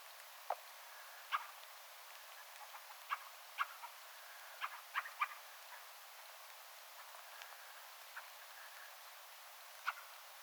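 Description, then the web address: Fieldfare calls: short harsh chacking bursts, scattered irregularly throughout, some doubled, over a steady hiss. Attention-seeking call of a fieldfare, with a second and third fieldfare calling in the background; recorded 17 December 2024. "17 12 2024 rakattirastaan huomioaantelya taustalla toinen ja kolmaskin rakattirastas"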